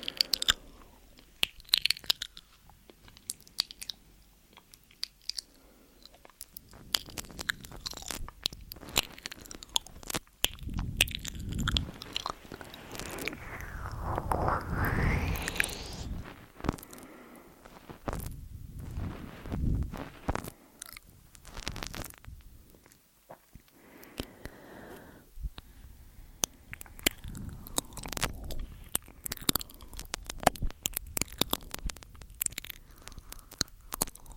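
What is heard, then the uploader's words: Mouth sounds and ear eating: wet clicks, smacks and crunchy chewing bursts come in quick irregular clusters throughout. A longer, fuller stretch of squishy chewing swells between about 10 and 16 seconds, and denser sharp clicking returns near the end. MOUTH SOUNDS & EAR EATING Tascam & Dummyhead.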